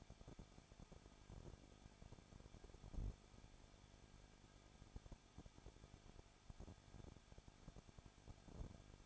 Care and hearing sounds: daily activity, microphone in the room; no activity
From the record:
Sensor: 5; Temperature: 20.9 degrees Celsius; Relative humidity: 35.1%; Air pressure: 994.6 hPa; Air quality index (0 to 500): 153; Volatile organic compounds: 2 ppm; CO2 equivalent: 1278 ppm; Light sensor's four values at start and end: 2/3/1/1 and 2/3/1/1

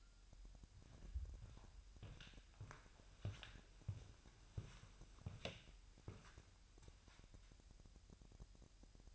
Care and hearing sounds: daily activity, microphone in the room; walk to room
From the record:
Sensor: 2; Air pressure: 1001.9 hPa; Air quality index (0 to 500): 248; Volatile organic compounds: 35 ppm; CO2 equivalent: 3059 ppm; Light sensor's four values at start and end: 6/15/6/6 and 6/14/6/6

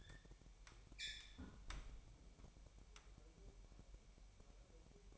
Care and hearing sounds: daily activity, microphone in the room; close fridge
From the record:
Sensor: 1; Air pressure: 1002.0 hPa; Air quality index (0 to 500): 238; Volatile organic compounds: 44 ppm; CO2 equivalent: 3210 ppm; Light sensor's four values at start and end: 8/28/10/11 and 8/28/10/11

